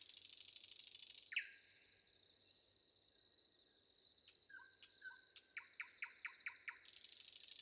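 Common nightingale song with a buzzy burst, a drawn-out whistle, soft low notes, then a rapid series of sharp repeated notes, all over a steady cricket trill.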